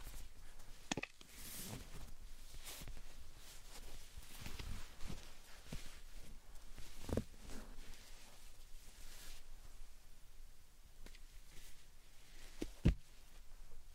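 Slime and sand being handled make soft, irregular squishing and crackling, with a steady fine hiss beneath. Brief sharp clicks or taps stand out near one second, around seven seconds, and a louder one near thirteen seconds.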